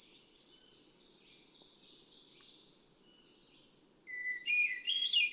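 Hermit thrush song: a fading earlier phrase, then a fresh phrase starting on a lower pure whistle and spiralling upward into shimmering notes.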